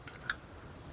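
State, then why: Seated. While a 12 V car power adaptor plug for a dash cam and phone charger is reassembled, the plastic inner piece with two wires guided into the middle is pushed down into the plug housing. A faint scrape near 0.1 s is followed by a sharp, bright click at 0.3 s, and the piece is seated all the way down.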